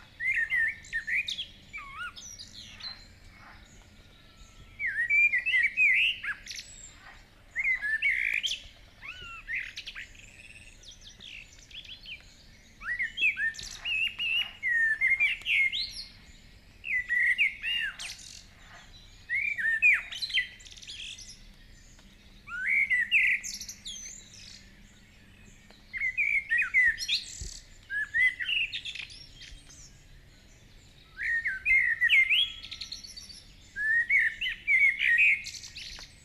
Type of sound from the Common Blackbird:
song